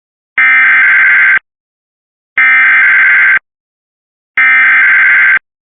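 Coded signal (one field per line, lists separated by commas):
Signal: Emergency Alert System (SAME) tones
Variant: header bursts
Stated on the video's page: Lake effect snow warning carried on Cox cable.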